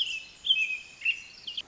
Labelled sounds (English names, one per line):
Pacific Wren